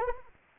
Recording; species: mosquito wingbeat signal from an infrared sensor; Anopheles arabiensis